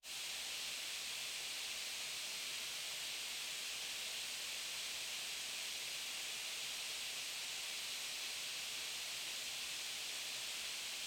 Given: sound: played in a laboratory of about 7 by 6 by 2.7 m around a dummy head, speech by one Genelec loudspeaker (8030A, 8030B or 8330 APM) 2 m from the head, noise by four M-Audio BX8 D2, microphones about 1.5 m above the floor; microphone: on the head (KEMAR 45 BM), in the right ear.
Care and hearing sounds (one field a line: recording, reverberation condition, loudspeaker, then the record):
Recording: white noise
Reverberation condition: high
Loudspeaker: four, about 170 cm from the corners of the room and facing them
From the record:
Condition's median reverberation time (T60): about 1300 ms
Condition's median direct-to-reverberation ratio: about -4.0 dB